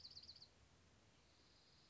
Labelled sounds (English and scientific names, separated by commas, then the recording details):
Dark-eyed Junco (Junco hyemalis)
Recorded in Sonoma County, California